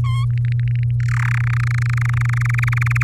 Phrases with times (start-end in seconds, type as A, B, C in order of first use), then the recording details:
0.04-0.25 A, 0.30-0.91 B, 1.00-1.38 C, 1.40-3.03 D. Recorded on 7 May 2018 at 17:07. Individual llb16